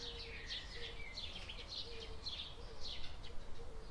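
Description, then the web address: Birds singing with high chirps and slurred notes, while a lower steady tone repeats now and then against a soft background hum. Summer birds on a quiet day. "il suono degli uccelli estivi in una giornata tranquilla"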